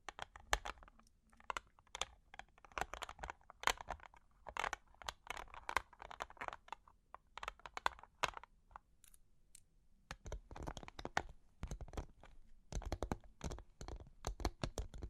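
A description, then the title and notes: Long claws tap and scratch in quick, uneven bursts, each click sharp and bright with a scraping edge. The tapping stays busy through most of the clip, thins out briefly around ten seconds, then returns in denser clusters. Long Claws Tapping and Scratching (No Talking).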